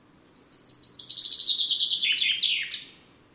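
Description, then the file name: Common chaffinch song: a fast, high trill of repeated notes that gradually descends in pitch and finishes with a brief flourish, over quiet background. "Fringilla coelebs"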